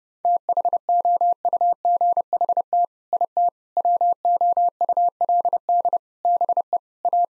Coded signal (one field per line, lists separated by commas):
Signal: Morse code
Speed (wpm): 30 wpm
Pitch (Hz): 700 Hz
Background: none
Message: THOUGHT IT WOULD BE A